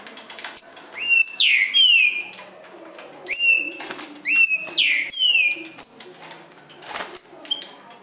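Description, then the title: Green-winged saltator song, clear whistled notes with sharp down-slurred sweeps in short phrases, separated by brief pauses. Bird named Nicão singing in the forest, in a song contest with a free-living wild saltator. "Trinca Ferro NICÃ O No Mato Disputando Com Solto"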